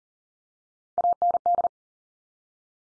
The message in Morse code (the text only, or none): AND